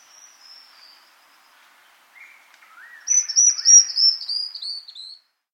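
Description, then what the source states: Squamate antbird song: faint high whistle fading out, then a louder series of high, slightly descending whistled notes repeated rapidly for about two seconds, with softer lower notes. Recorded in South America.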